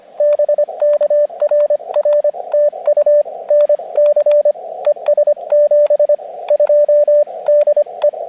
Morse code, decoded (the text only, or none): BK RR TU NC ES 72 DE